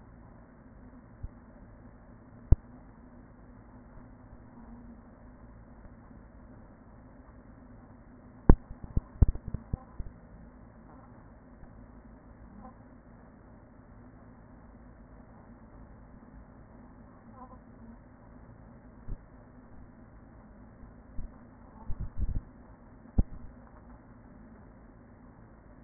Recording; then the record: honeybee colony, microphone inside the hive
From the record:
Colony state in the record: queen present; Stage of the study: after two queens were removed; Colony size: about 40,000 bees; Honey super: no